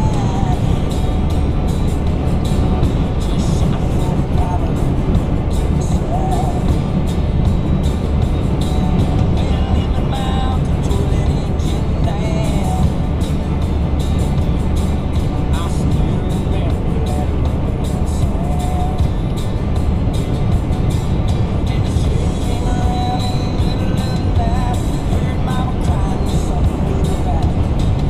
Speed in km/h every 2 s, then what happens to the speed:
158, 158, 156, 156, 153, 148, 147, 147, 147, 147, 148, 150, 151, 153.
0-11 slows to 147. 11-28 steady at about 147.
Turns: none.